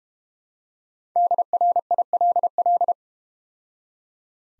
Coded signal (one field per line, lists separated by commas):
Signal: Morse code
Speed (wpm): 32 wpm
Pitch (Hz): 700 Hz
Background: none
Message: DRILL